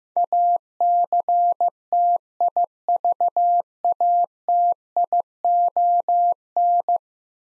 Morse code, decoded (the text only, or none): ACTIVATION